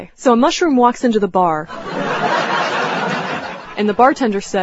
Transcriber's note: laughter